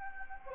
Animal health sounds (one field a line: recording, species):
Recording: mosquito wingbeat signal from an infrared sensor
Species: Anopheles gambiae